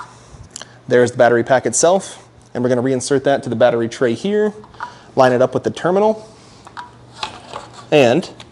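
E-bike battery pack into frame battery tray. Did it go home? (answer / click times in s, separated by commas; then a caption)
no / none. Someone talks while a removable Magnum e-bike battery pack is handled and lined up with the terminal on the frame's battery tray, with brief knocks and taps near 0.6 s and between 6.7 and 7.6 s. The pack has not yet been pushed in, so nothing has seated or clicked.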